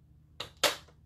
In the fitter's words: you hear that little click. So that's locked.